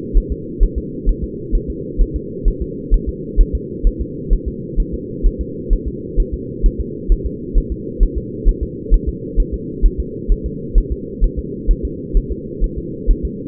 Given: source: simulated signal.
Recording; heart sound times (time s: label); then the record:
fetal heart sounds
0.17 s: S1
0.32 s: S2
0.63 s: S1
0.78 s: S2
1.09 s: S1
1.24 s: S2
1.55 s: S1
1.70 s: S2
2.01 s: S1
2.16 s: S2
2.48 s: S1
2.62 s: S2
2.94 s: S1
3.09 s: S2
3.40 s: S1
3.55 s: S2
3.87 s: S1
4.01 s: S2
4.33 s: S1
4.48 s: S2
4.80 s: S1
4.94 s: S2
5.26 s: S1
5.41 s: S2
5.73 s: S1
5.88 s: S2
6.20 s: S1
6.34 s: S2
6.66 s: S1
6.80 s: S2
7.12 s: S1
7.26 s: S2
7.58 s: S1
7.72 s: S2
8.03 s: S1
8.18 s: S2
8.49 s: S1
8.63 s: S2
8.94 s: S1
9.09 s: S2
9.40 s: S1
9.54 s: S2
9.86 s: S1
10.00 s: S2
10.32 s: S1
10.46 s: S2
10.78 s: S1
10.92 s: S2
11.24 s: S1
11.39 s: S2
11.71 s: S1
11.85 s: S2
12.17 s: S1
12.32 s: S2
12.64 s: S1
12.78 s: S2
13.10 s: S1
13.25 s: S2
From the record:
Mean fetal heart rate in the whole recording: 130 bpm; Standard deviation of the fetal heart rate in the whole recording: 2 bpm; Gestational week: 38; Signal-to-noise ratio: -4.1 dB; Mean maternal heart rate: no maternal heart sound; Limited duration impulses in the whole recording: absent